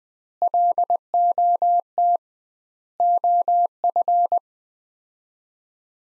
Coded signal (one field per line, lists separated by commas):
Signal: Morse code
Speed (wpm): 20 wpm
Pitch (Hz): 700 Hz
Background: none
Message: LOT OF